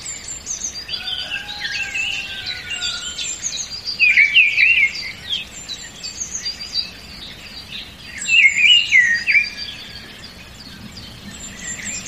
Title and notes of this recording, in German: Harmonische Vogelsymphonie. Die einzigartigen Gesänge verschiedener Vogelarten verschmelzen zu einer beruhigenden Melodie